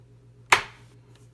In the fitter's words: that one goes on with a good solid click